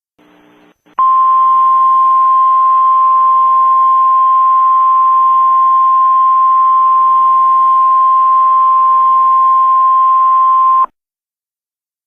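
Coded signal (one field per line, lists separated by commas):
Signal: Emergency Alert System (SAME) tones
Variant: 1050 Hz attention tone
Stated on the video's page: Fictional EAS scenario about an extreme hostage situation, simulated rather than real.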